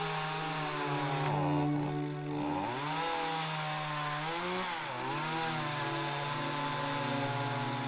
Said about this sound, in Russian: Моя пила завелась с первого же рывка, и я принялся за работу.